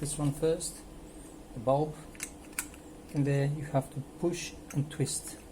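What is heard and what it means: Someone talks while handling the plastic bulb holder of an indicator from a '95 FZR 1000 Exup motorcycle, which goes into the indicator housing with a push-and-twist lock. A few brief, sharp ticks of handling noise come at about 2.2, 2.6 and 2.7 seconds. Nothing has seated or clicked yet.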